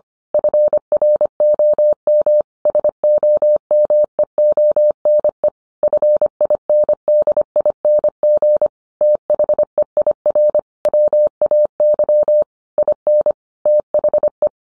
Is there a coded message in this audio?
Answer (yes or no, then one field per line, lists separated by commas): yes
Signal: Morse code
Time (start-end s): 0.3-14.5 s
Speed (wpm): 25 wpm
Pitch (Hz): 600 Hz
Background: none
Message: FROM SOMEONE FINDING THEIR WAY IN THE